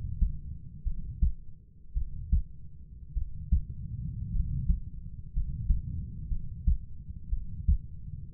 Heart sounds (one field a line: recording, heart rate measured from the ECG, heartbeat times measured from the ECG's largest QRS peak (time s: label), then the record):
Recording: heart sounds by stethoscope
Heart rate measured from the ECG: 56 bpm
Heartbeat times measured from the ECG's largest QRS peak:
0.84 s: heartbeat
1.94 s: heartbeat
3.14 s: heartbeat
4.32 s: heartbeat
5.33 s: heartbeat
6.29 s: heartbeat
7.30 s: heartbeat
From the record:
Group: healthy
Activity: rest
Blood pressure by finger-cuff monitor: 107/52 mmHg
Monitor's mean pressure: 65 mmHg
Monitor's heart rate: 59 bpm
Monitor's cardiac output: 5 L/min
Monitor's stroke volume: 93 mL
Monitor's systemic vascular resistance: 910 dyn s/cm5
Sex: male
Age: 25 years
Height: 170 cm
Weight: 70.4 kg